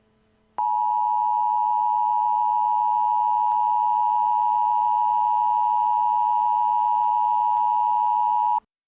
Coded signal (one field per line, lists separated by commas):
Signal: Emergency Alert System (SAME) tones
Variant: 853 and 960 Hz attention tone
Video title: Evacuation Immediate/Fire Warning: Siskiyou County, CA 9/2/22 | Emergency Alert System